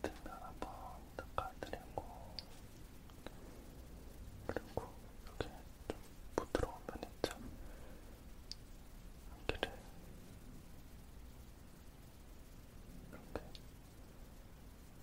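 Quiet shaving-style sounds: soft scrapes and crisp clicks and taps, busiest early, over a steady low hum.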